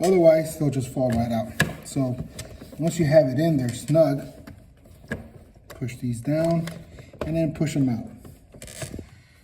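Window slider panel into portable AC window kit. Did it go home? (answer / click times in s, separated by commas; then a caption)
yes / 8.6 s. Someone talks while pushing the tabs down on a window slider panel in a portable AC window kit, then pushing the panels outward so they lock and the kit doesn't come apart. A sharp, short click sounds at 8.6 s as the panel locks into place.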